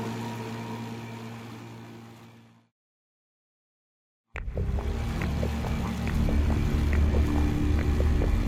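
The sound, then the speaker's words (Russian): Engines of three flat-bottomed motorboats, two people in each, racing one after another downstream on a river from a channel about 300 metres upstream, drone steadily, fade out to a brief silence, then a loud engine roar bursts back in with sharp clattering ticks over the rumbling hum. “Как из протоки выше по течению, метров на 300, вынырнули одна за другой три плоскодонные моторные лодки. На каждой по два человека. Несутся вниз по течению.”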